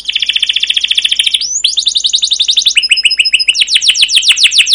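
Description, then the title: Canary song: a fast rolling trill of rapid repeated notes, shifting into buzzier phrases and then a series of quick downslurred chirps, continuous and loud. Long singing canary master recording used as a lure to trigger canaries to sing, described as 'cuit cuit' chirping and rolling. "CUIT CUIT NGEROL LANGSUNG GACOR PANJANG Kenari Ini AMPUH Utk Pancingan KENAR. Masteran Suara Burung Kenari Gacor Panjang cuit cuit Ngerol untuk Pancingan Kenari!"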